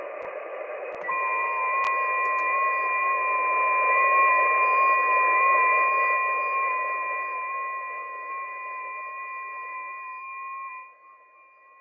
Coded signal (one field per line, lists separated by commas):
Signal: FT8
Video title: Danny Shortwave And Radio DX Live Stream #217 4/16/2025 6 Meter Band opening FT8